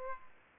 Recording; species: mosquito wingbeat signal from an infrared sensor; Aedes aegypti